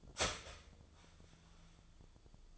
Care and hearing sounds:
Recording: daily activity, microphone in the room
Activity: start toaster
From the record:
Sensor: 5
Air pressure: 1009.4 hPa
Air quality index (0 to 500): 168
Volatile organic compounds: 4 ppm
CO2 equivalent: 1625 ppm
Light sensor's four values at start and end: 90/240/97/103 and 90/240/98/103

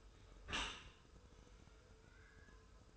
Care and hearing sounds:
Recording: daily activity, microphone in the room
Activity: close dishwasher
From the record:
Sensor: 2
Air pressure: 1014.8 hPa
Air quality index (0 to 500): 26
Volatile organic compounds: 1 ppm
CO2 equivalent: 505 ppm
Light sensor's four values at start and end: 10/23/9/10 and 10/23/9/10

